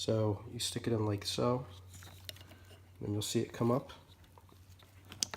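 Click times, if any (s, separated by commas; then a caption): 5.2 s. Someone talks while a crimped metal wire terminal is pushed into a plastic connector housing for HID kit wiring on a 2013–2018 Toyota RAV4. After some quiet handling noises, a sharp click at 5.2 s marks the terminal coming up and locking into the housing, so it is seated and won't come back out.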